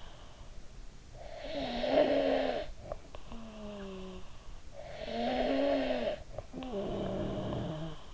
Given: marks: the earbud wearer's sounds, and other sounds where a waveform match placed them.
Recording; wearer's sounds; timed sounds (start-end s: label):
sounds in sleep by an in-ear microphone; snoring breath
1.25-4.51 s: snoring breath
4.83-8.14 s: snoring breath